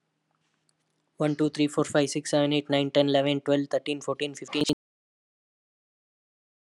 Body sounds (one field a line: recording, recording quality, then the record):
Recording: counting at a fast pace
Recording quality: excellent, no background noise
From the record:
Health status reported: healthy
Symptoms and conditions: none ticked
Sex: male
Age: 26 years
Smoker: not ticked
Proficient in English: yes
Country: India